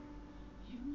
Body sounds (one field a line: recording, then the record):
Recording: background sound without coughing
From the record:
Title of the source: BackgroundMusic3